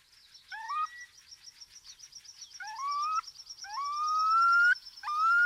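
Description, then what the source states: Eurasian curlew display song: rising whistled notes in short bursts, then longer upslurred whistles, over a faint continuous high rapid ticking. Display flight: rises with these whistles while fluttering, performed three times; recorded about two years earlier at the spot where a meadow pipit was being recorded.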